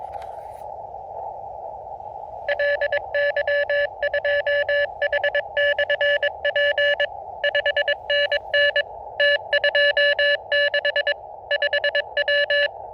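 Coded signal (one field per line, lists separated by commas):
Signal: Morse code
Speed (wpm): 21 wpm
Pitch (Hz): 1750 Hz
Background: none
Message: LY2H/P 5NN T26 5W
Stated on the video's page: Portable outdoor operation with Elecraft KX2 on a 3 m telescopic whip with vertical antenna clamp on an e-bike, in a forest that is not an official park.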